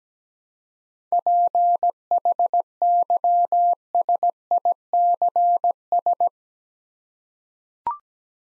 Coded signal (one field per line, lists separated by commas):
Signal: Morse code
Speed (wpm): 17 wpm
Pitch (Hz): 700 Hz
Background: none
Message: PHYSICS